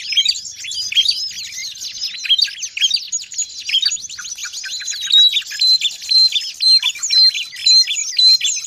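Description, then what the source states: Birds chattering in a loud chorus, with a bright level whistle recurring steadily in the second half among quick, pulsing chirps. Noisy birds, used as a master lure ('pikat') for catching birds.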